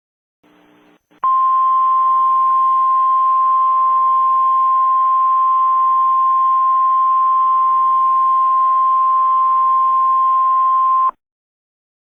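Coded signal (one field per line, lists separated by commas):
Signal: Emergency Alert System (SAME) tones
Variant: 1050 Hz attention tone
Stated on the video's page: Fictional hurricane statement alert made with Audacity, using a synthesized voice, not a real alert.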